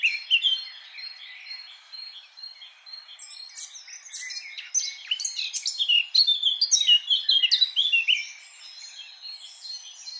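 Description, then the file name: Eurasian blackcap song: warbling at first, swelling into a dense, fast run of chattering and whistled notes, then easing off. "Sylvia atricapilla"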